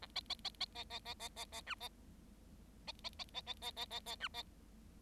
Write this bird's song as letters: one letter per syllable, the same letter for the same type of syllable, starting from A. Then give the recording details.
A B B B B B B B B B B C B B B B B B B B B B C B. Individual Bird7